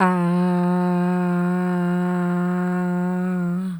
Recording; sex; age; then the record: sustained vowel /a/; female; 40 to 49 years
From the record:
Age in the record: 46 years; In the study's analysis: included